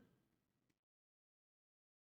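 A lined-up plastic Lego sub-assembly is handled against a Lego Back to the Future DeLorean car model, making soft low rustling and faint plastic contact for about 0.8 seconds before cutting to silence. Nothing has seated or clicked yet.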